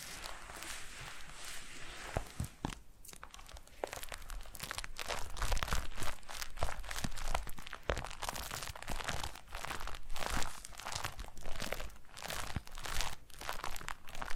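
Foam being rubbed and squeezed, giving a dense run of crunchy, crinkling squeaks and scrapes. The texture is bright and busy throughout, with sharper bursts every half second or so, a brief pause near three seconds, and stronger strokes toward the end.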